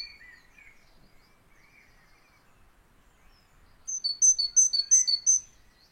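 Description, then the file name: Great tit: some soft lower notes, a quiet gap, then a quick run of ringing two-note phrases repeated several times. "Canto do chapins real"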